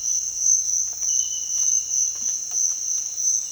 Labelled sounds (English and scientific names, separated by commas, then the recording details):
none
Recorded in dense forest near Puerto Asís, Putumayo, Colombia, on 9 March 2025 at 06:30
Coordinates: 0.481, -76.323
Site G088